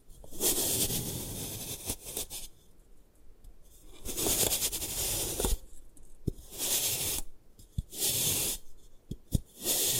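Gym chalk being crushed and ground, in rough bouts of bright, gritty hissing scrapes lasting a second or two each, with short quiet gaps between. Sharp little snaps and cracks punctuate the second half, around every second or so.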